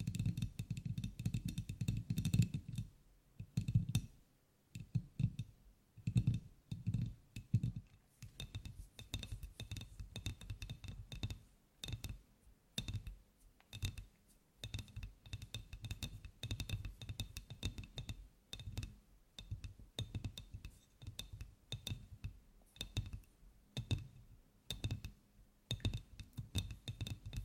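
ASMR tapping: quick, irregular taps and clicks with soft low thumps, denser in the first seconds, over a faint steady high tone.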